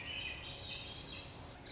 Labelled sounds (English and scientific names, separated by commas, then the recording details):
Swainson's Thrush (Catharus ustulatus)
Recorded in Sonoma County, California